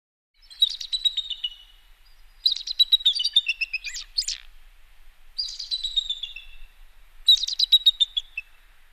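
Bird chirping in four bursts of quick, high twittering notes, with short pauses between.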